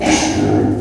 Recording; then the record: squeal of a Yucatan mini pig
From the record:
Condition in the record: before surgery on the right vocal fold (resection and tissue-engineered implant); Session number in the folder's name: 3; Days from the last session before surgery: 0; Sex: female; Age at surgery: 19 weeks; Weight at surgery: 25 kg